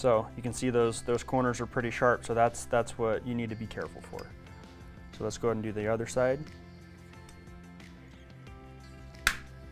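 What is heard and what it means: Someone talks over background music while the plastic carrier end cap on the other side of a Bali and Graber G98 vertical blind headrail is pushed down. After a quiet stretch, a loud, sharp pop at 9.3 s marks the end cap coming off.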